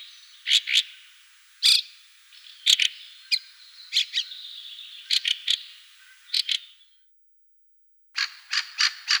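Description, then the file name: Fieldfare chack calls, rasping and clipped, spaced irregularly with some thin squeaky notes between, a brief pause, then a rapid series of several harsh chacks. "Turdus pilaris"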